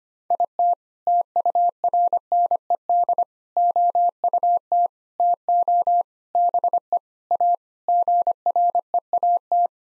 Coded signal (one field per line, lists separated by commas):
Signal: Morse code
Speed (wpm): 25 wpm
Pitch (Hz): 700 Hz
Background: none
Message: IT TURNED OUT TO BE A GREAT